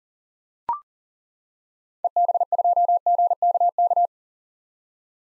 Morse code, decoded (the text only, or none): EB2GKK